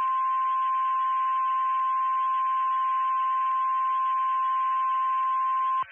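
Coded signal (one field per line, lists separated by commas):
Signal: Emergency Alert System (SAME) tones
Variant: 1050 Hz attention tone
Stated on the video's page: Fictional EAS scenario, remastered preview.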